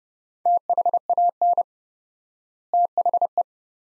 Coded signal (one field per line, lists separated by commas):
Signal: Morse code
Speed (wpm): 30 wpm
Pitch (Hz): 700 Hz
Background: none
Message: THAN THE